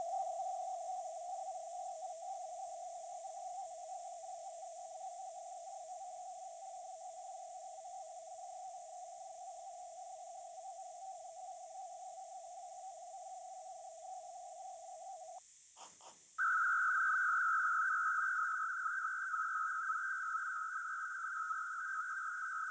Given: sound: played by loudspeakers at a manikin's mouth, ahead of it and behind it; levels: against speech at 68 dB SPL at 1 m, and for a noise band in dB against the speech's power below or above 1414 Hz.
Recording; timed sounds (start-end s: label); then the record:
test signals for a remote microphone
0.00-15.38 s: noise band at 707 Hz, as loud as that band is in speech
16.38-22.71 s: noise band at 1414 Hz, as loud as that band is in speech
From the record:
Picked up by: remote microphone B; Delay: 24 ms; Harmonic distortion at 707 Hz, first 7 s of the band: under -29 dB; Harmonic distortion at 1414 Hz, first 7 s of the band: under -43 dB